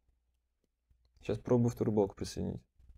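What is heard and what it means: Someone talks while handling a second plastic beam, about to press it onto a black connector pin from an Elecfreaks Nezha Inventor's Kit. Only faint low handling noises are heard at the start and near the end around the speech. Nothing has seated or clicked yet.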